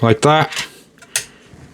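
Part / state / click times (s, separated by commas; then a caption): wire fan clip onto CPU air cooler heatsink / seated / 1.2 s. The other side of a wire fan clip is pulled out and hooked onto the fin stack of a PCCOOLER RT500 TC ARGB CPU air cooler heatsink. Someone talks, then a faint tick comes at 1.0 s. A loud, sharp metallic snap at 1.2 s shows the second fan clip seating onto the heatsink.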